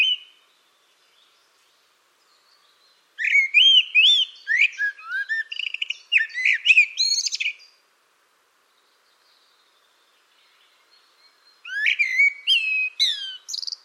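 Bird song: two long bursts of rapid, varied whistles and trills separated by several seconds of silence.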